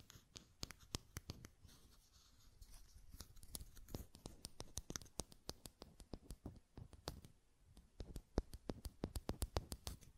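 Buttons click and tap in quick, uneven succession, each hit a sharp, bright snap. The taps come several times per second throughout, in irregular bursts with brief pauses around the middle and near the end. A faint scratching texture sits underneath.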